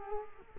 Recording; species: mosquito wingbeat signal from an infrared sensor; Culex quinquefasciatus